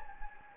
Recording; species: mosquito wingbeat signal from an infrared sensor; Anopheles gambiae